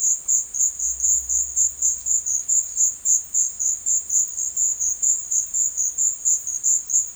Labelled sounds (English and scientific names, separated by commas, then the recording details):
none
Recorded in secondary vegetation near Puerto Asís, Putumayo, Colombia, on 23 June 2025 at 14:00
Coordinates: 0.499, -76.323
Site G077